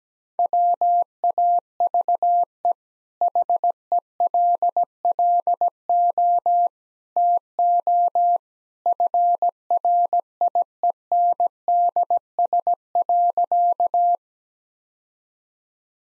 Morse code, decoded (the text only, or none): WAVE HELLO TO FRIENDS.